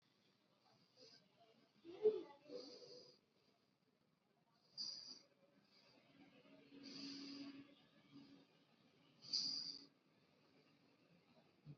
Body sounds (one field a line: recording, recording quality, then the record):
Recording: shallow breathing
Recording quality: moderate, slight background noise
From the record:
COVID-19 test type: RT-PCR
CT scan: not taken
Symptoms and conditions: none ticked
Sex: male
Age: 29 years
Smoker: no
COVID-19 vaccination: both doses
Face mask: worn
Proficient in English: yes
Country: India